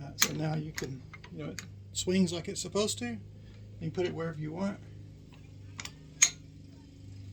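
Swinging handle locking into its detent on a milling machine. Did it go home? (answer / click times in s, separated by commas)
yes / 6.2 s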